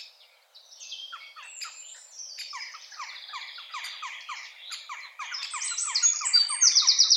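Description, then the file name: Eurasian wren song, a busy run of chirps and descending notes, then a fast high trill bursting out loudly near the end. "Troglodytes troglodytes"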